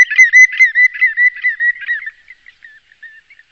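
Bird calling in a rapid series of clear whistled notes, fading into softer scattered notes.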